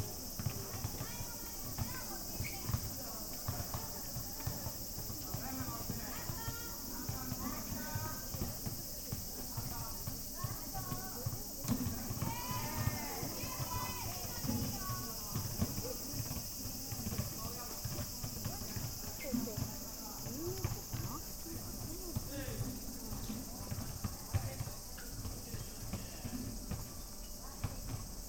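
A field recording from Kyoto, Japan: many voices talk over one another continuously, forming a busy crowd murmur. A steady high-pitched hiss, possibly insects, runs through all of it, and a low rumble stays underneath.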